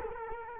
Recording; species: mosquito wingbeat signal from an infrared sensor; Culex quinquefasciatus